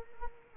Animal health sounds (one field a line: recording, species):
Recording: mosquito wingbeat signal from an infrared sensor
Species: Culex quinquefasciatus